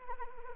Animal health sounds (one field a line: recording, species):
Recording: mosquito wingbeat signal from an infrared sensor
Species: Anopheles arabiensis